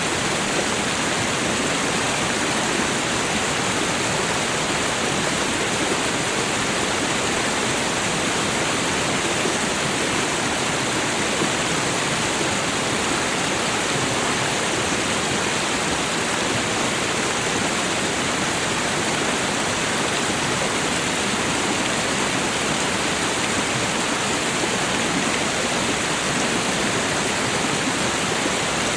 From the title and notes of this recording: The soothing sounds of a river waterfall as it cascades down the rocks and flows into the river below. The gentle rush of water, the bubbling of foam, and the spray of mist. This episode features only natural soundscapes with no dialogue or voice.